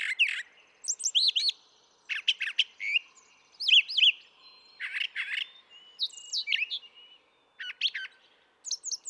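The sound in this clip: Brown thrasher delivering a busy, varied song of scratchy buzzes, slurred whistles and chirps, phrases changing every second or so with few gaps.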